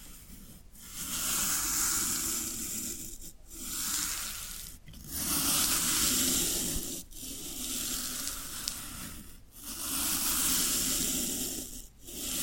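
Floral foam being rubbed or scraped in long, steady strokes, each a dry, hissy rasp with a soft low rumble beneath. Short silent breaks separate the strokes, falling roughly every one to two and a half seconds across the clip.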